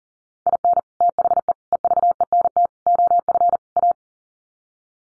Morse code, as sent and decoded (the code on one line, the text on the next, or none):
.. -. / - .... . / . ...- . -. - / --- ..-. / .-
IN THE EVENT OF A